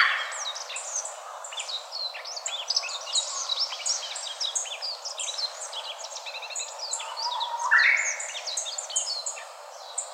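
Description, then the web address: Warbling white-eyes twittering busily, a continuous jumble of sharp high chips and short trills throughout, with low environmental hiss beneath. Recorded 17 March 2017. "birdenaga mejiro 170317"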